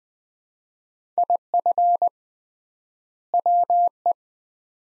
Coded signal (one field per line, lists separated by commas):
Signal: Morse code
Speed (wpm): 20 wpm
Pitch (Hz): 700 Hz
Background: none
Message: IF WE